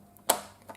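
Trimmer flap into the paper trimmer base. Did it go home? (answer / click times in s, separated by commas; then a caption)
yes / 0.3 s. A flip-up plastic flap on a paper trimmer is snapped down onto the trimmer base until it locks. A sharp click at 0.3 s decays quickly, followed by fainter small taps. The flap is clicked into place and seated.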